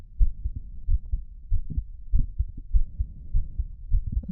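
Heart sounds of an adult woman heard through a stethoscope on the chest, beating fairly fast at about 100 beats per minute after her heart rate has gone up.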